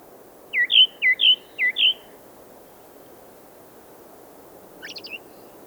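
Redwing song: a quick phrase of six sharp, down-slurred whistled notes, then silence and a brief scratchy twitter near the end, over steady low background noise.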